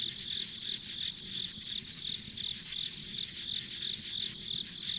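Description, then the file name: Cricket-like insects calling with short high chirps roughly three per second, layered on a continuous insect hum and faint low noise. Ambient insect sounds on a rural country road. "田舎道の虫の環境音"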